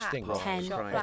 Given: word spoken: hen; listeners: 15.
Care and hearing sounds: one English word in noise, from a listening test; four-talker babble; -1.3 dB; 0 of 15; 11 of 15; 0.63 s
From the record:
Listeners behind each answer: 11, 1, 1, 1, 1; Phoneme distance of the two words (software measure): 10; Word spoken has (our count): 1 syllable, 3 phonemes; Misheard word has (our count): 1 syllable, 3 phonemes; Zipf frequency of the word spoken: 3.96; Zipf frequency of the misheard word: 5.39

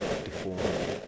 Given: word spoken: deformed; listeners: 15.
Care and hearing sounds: one English word in noise, from a listening test; noise modulated by three-talker babble; -4.7 dB; 5 of 15; 9 of 15; 0.68 s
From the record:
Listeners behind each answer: 9, 5, 1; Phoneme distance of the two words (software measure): 7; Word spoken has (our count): 2 syllables, 6 phonemes, stress on syllable 2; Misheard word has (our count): 2 syllables, 5 phonemes, stress on syllable 2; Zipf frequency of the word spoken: 2.92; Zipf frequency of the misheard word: 1.81

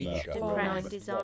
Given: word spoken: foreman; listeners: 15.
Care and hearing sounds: one English word in noise, from a listening test; four-talker babble; -2.7 dB; 0 of 15; 7 of 15; 0.83 s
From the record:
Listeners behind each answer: 7, 2, 1, 1, 1, 1, 1, 1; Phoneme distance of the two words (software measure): 64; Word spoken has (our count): 2 syllables, 5 phonemes, stress on syllable 1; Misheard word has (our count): 2 syllables, 7 phonemes, stress on syllable 2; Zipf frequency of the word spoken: 3.25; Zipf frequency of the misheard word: 3.89

